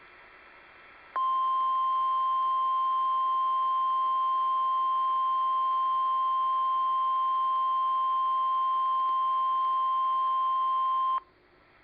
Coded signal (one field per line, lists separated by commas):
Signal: Emergency Alert System (SAME) tones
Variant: 1050 Hz attention tone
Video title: Severe Thunderstorm warning from Florida [ONLINE EAS] March 24, 2015